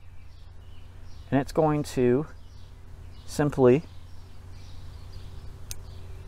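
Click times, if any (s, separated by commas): 5.7 s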